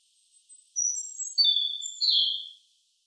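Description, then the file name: European robin giving a short phrase of thin, high whistled notes at varying pitches, ending in a louder, lower note. "Erithacus rubecula"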